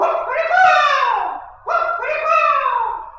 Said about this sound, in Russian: И тут они все разом закричали. Осел по-ослиному, собака по-собачьи, кот по-кошачьи, а петух закукарекал.